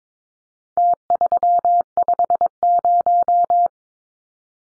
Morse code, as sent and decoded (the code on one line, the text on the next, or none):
- ...-- ..... -----
T350